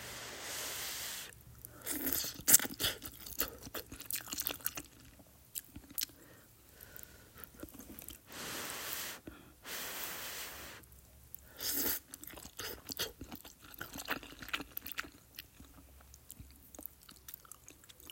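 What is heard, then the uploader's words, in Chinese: Someone eats malatang with wet mouth sounds: chewing, slurping and crunchy bites come in quick irregular bursts throughout. Bright smacking clicks and brief louder slurps stand out around 2, 9 and 12 seconds, with a faint low hum underneath. 口水音吃麻辣烫。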